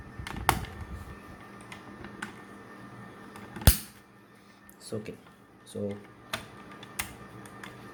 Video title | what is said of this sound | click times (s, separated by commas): Adventurous PC Build - Pentium 4 PC Build In 2020 - Windows XP Professional | so வச்சுட்டு press பண்ணிங்கன்னா போதும், lock ஆகிக்கும். கொஞ்சம் கஷ்டமாக இருக்கும், அட்ஜஸ்ட் பண்ணி மாட்டிக்க வேண்டியதான். | 0.5 s, 3.7 s